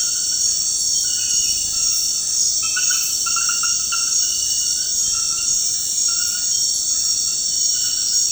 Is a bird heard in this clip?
no